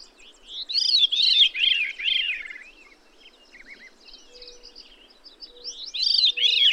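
Bird song: a string of bright warbled notes at the start, quieter twittering in the middle, then another loud phrase near the end.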